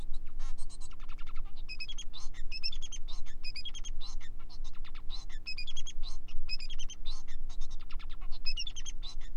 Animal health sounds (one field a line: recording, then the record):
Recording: song of a male Bengalese finch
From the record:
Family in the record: son of father 4